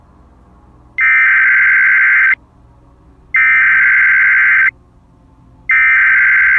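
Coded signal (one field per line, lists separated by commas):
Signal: Emergency Alert System (SAME) tones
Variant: header bursts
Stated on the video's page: Fictional mock EAS scenario about a tsunami.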